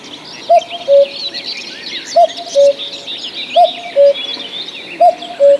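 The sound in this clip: Cuckoo giving four clear cu-coo pairs, a higher note falling to a lower one, roughly every one and a half seconds, over soft twittering from other birds.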